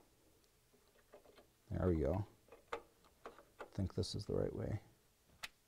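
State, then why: Seated. A memory module is inserted sideways into its motherboard slot and snaps into place, seated as confirmed. Someone talks, with a few small ticks and taps between phrases, and a single sharp click comes at 5.4 s as the module seats.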